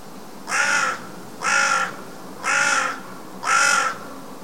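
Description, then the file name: Carrion crow giving four harsh, hoarse caws, evenly spaced about one second apart, each lasting under half a second. "Corvus corone"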